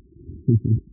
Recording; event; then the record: neck accelerometer signal played as sound; no cough (speech, laughter, throat clearing or background)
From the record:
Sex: female